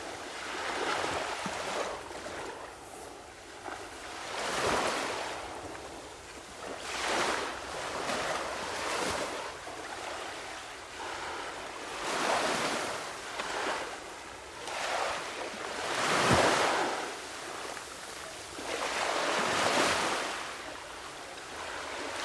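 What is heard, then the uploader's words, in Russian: Waves break on a sandy shore in a steady, recurring rhythm, each surge swelling into a bright hiss and washing back about every two to three seconds. The surf sounds detailed, with a low rumble and some wind underneath. Волны на песке. Мы запечатлели час детальных, практически бинауральных звуков прибоя. Гипнотическое биение волн о берег. Эта запись была сделана в момент абсолютной тишины, с минимальным вмешательством ветра.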